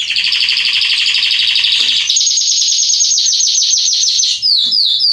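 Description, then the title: Belgian canary singing a rich rolling trill for two seconds, then a faster, higher pulsed trill, ending with a few descending slurred whistles. Male Belgian canary singing a lot, used to warm up and train young canaries. "Canary Training Esquente Seu Filhote E Canario Belga Macho Cantando Muito. CANTO DO CANRIO"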